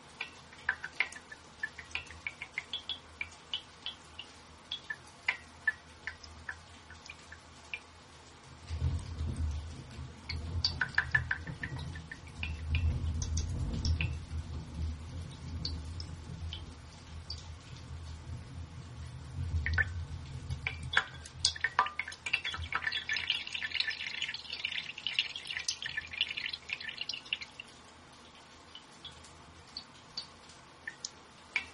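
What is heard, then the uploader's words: Scattered drips and ticks of rain tap throughout, fairly sparse rather than a steady downpour. From about nine to twenty-two seconds a deep, rolling rumble of thunder swells underneath, and a brief hiss of heavier rain follows near twenty-five seconds. The rhythmic patter of raindrops is accompanied by the occasional rumble of thunder, echoing through the night.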